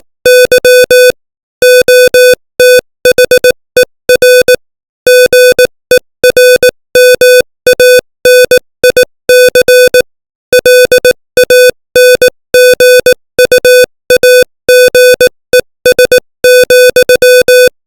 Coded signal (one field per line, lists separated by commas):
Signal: Morse code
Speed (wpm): 18 wpm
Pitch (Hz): 500 Hz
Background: music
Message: Y OTHER GERMANIC LANGUAGES,